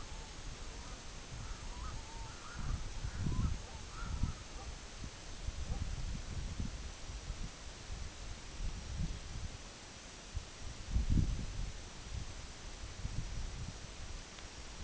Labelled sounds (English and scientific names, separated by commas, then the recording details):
Red-throated Loon (Gavia stellata), Canada Goose (Branta canadensis)
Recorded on Arctic tundra, site EABA-MC, on 24 June 2019
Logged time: 12:00